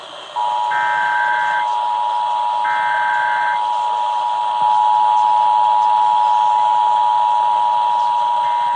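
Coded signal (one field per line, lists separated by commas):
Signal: Emergency Alert System (SAME) tones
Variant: 853 and 960 Hz attention tone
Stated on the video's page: Required monthly tests recorded off air with an SDR from several FM radio and TV stations.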